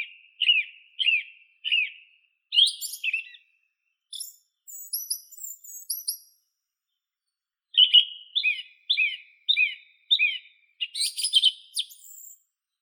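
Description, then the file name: Song thrush song: sharp notes repeated in threes, thin high squeaky phrases, then a fresh series of repeated downslurred notes and a scratchy ending. "Neizvesten - Drozd pevchij Turdus philomelos (Zvyki com)"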